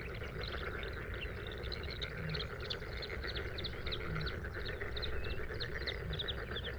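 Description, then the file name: Bluethroat song: bursts of bright, varied high chirps and clicks delivered in quick succession, with a persistent low rumble behind. Recorded at Sha Cheng Wetland, Hebei, China, on 5 May 2025 at 06:10; three bursts of song separated by fades. "2025-05-05-0610-Bluethroat- three-bursts-of-song-separated-by-fades-Sha Cheng-Wetland-Hebei"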